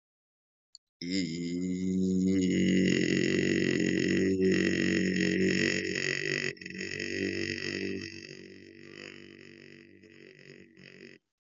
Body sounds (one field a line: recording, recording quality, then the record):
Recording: sustained vowel as in beet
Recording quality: excellent, no background noise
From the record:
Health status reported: COVID-19 positive, no symptoms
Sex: male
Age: 34 years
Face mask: not worn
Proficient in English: no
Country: India